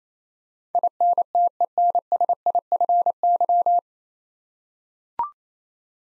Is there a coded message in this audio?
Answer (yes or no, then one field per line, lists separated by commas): yes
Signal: Morse code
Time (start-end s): 0.8-3.8 s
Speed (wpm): 27 wpm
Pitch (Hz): 700 Hz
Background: none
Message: INTENSIFY